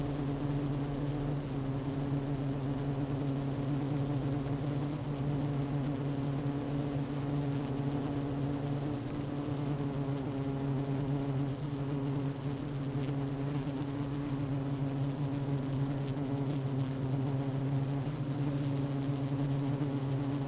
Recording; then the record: honeybee colony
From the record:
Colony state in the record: active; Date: 12 June 2018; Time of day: 10:00